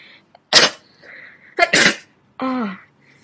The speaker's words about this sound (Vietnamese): Cô liên tục hắt hơi vài cái.